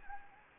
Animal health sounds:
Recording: mosquito wingbeat signal from an infrared sensor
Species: Anopheles gambiae

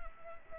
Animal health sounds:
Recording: mosquito wingbeat signal from an infrared sensor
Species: Culex quinquefasciatus

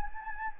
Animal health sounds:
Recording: mosquito wingbeat signal from an infrared sensor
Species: Anopheles gambiae

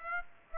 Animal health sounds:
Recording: mosquito wingbeat signal from an infrared sensor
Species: Aedes aegypti

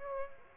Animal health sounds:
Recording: mosquito wingbeat signal from an infrared sensor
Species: Aedes aegypti

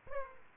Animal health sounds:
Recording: mosquito wingbeat signal from an infrared sensor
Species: Aedes aegypti

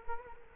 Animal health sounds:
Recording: mosquito wingbeat signal from an infrared sensor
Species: Culex quinquefasciatus

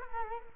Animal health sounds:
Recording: mosquito wingbeat signal from an infrared sensor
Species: Culex quinquefasciatus

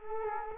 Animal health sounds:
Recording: mosquito wingbeat signal from an infrared sensor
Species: Culex quinquefasciatus

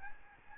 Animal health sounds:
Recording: mosquito wingbeat signal from an infrared sensor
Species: Aedes albopictus

